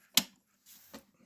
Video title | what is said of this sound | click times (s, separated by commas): 21 December 2023 | same magnet 8 by3 you just have to drill it out a little bit so that'll then snap into place | 0.2 s